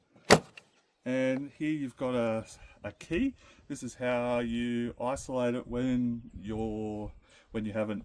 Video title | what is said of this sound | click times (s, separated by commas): Bosch Professional GRA 18v-46 Lawn Mower. Is It POWERFUL ENOUGH!!! the SHOCKING Truth!!! | click it in. You'll hear a good click. | 0.3 s